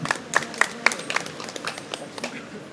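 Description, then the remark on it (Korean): An audience applauds an MC, a dense patter of many hands clapping for a few seconds at steady loudness, with a few sharper claps standing out early on and scattered voices mixed in. “MC에게 다 같이 박수 한 번만 주세요.”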